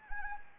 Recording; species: mosquito wingbeat signal from an infrared sensor; Anopheles arabiensis